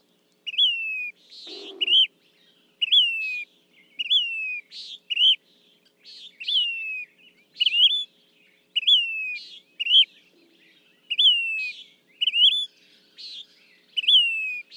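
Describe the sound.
Say's phoebe with repeated husky, down-slurred whistles and short rising notes in alternation, one low thump early on.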